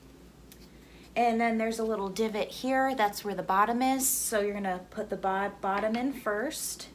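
The bottom frame of a magnetic embroidery hoop is being handled and lined up with the divot in an adjustable hooping fixture while someone talks. Apart from a faint brief tick near 0.5 s, speech dominates, and the frame has not yet snapped into place or seated by the end of the clip.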